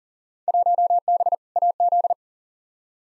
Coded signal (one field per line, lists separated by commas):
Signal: Morse code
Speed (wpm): 40 wpm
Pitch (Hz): 700 Hz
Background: none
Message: 1B AZ